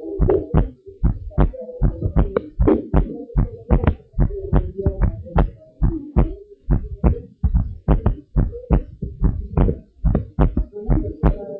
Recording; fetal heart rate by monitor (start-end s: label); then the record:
heart sounds of a pregnant woman by stethoscope
no fetal heartbeat
From the record:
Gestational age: 39 weeks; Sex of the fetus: girl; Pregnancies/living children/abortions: 1/0/0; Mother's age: 29 years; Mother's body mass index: 28.2